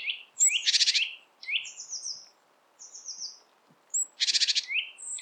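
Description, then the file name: Great tit calling: two harsh rattling churrs mixed with high, thin downslurred notes and sharp chirps, repeated irregularly. "Parus major"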